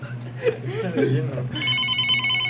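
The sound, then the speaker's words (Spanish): People talk and chuckle briefly, then a telephone starts ringing: a steady, high-pitched electronic ring with bright layered tones that holds on until the end. “Ah, por fin entró la llamada.”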